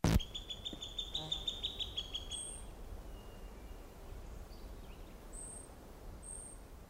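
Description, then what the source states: Cooper's hawk calling in a quick run of harsh, repeated notes after a sharp click, then thin, high whistled notes over a steady low rumble. Juvenile bird, recorded on July 21, 1995.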